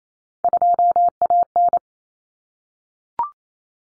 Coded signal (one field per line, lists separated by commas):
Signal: Morse code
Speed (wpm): 28 wpm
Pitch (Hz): 700 Hz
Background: none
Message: 2AN